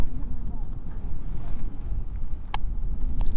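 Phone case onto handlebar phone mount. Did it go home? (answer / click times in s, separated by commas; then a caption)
no / none. A phone case is pressed onto a Quad Lock twist-lock phone mount on the handlebar of a Can-Am Spyder motorcycle, over a steady low rumble with wind noise, a sharp tap at 2.5 s and a few faint ticks around 3.2 to 3.4 s. The mount gives a false lock and nothing clicks or seats: the case only catches on a couple of notches, hangs on, then falls off.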